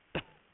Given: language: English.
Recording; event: throat vibration sensor signal played as sound; cough